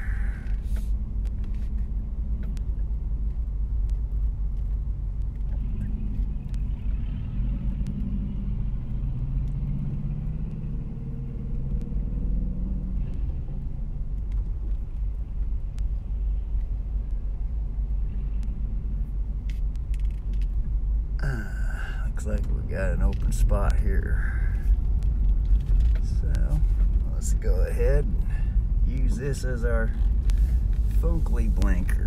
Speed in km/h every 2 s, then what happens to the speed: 7, 6, 5, 5, 5, 4, 4, 4, 4, 4, 4, 7, 6, 6, 7, 8.
0-32 steady at about 5.